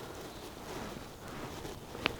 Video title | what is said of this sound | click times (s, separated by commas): Brompton Electric - New latch to fix battery connection | put it on firmly until it clicks | 2.1 s